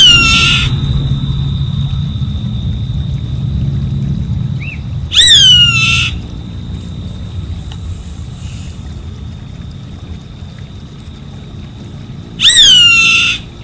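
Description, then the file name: Savanna hawk calling with three hoarse, descending screams spaced roughly five and seven seconds apart, a steady low hum and a faint chirp in between. "Canto do gaviao vaqueiro"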